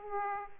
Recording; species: mosquito wingbeat signal from an infrared sensor; Aedes aegypti